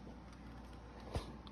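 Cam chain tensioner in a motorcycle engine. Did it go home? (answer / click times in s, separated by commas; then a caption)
no / none. With the top and middle bolts loosened, the bottom bolt of the metal cam chain tensioner on a 2009 Kawasaki Ninja ZX6R engine is slowly backed off to try to make it click. Over a steady low hum, there is a dull low thump at about 1.2 s and a faint tick at about 1.5 s. The tensioner has not clicked, and the attempt fails.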